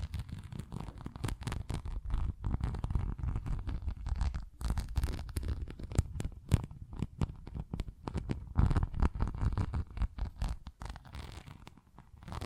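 Tapping and scratching on textured surfaces, a dense run of quick, crisp clicks and scrapes that keeps going without pause. The sound sits mostly low and full, with sharper bright ticks scattered throughout and a few louder taps near the middle.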